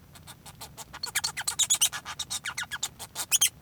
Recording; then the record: song of a male Bengalese finch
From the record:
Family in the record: son of father 1